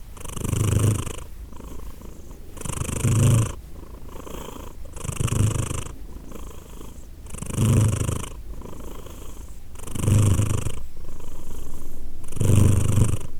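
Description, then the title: Domestic cat purring, a low vibrating rumble rising and falling in regular breath cycles. Cat named Edith purring, recorded in Glasgow, Scotland, in December 2023. "Edith purring, Glasgow, Scotland in December 2023 – by Steve Urquhart"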